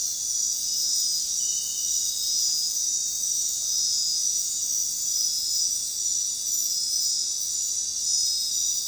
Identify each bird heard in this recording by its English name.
none